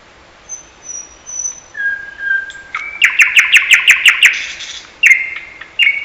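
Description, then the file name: Thrush nightingale song opening with thin high whistles and a low pure note, then a fast, evenly spaced run of loud clicking notes and two emphatic whistled phrases. "Naktergal"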